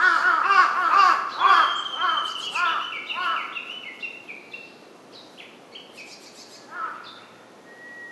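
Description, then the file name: Large-billed crow giving several harsh caws at the start that fade out, followed by thin high whistles and chirps from other birds. Recorded 23 May 2007. "hasibutogarasu 07052302"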